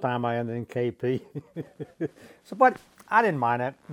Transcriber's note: chuckles